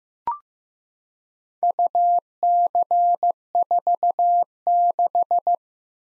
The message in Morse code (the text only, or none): UC46